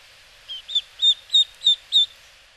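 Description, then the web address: Eastern spot-billed duck giving six high, clear notes in quick succession, the last four louder than the first two. Recorded in Hyogo, Japan. "koe karugamo 0806 hyogo kaji"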